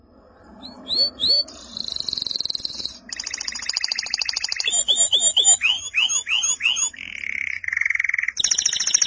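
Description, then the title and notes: Canary singing a varied song of fast buzzy trills, high whistled notes and repeated downward-sweeping phrases, switching pattern every second or two. "Suara Burung Kenari"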